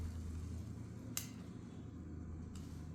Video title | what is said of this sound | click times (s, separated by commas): Prodigy meter | Now, you heard the click. | 1.2 s